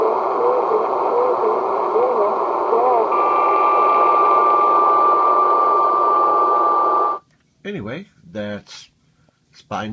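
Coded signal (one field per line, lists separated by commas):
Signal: numbers station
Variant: HM01, Spanish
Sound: seven seconds of broad hissing digital data with a steady whistle, then short spoken syllables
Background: radio static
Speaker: number station hmo1 hybrid station call up in Spanish and then into digital mode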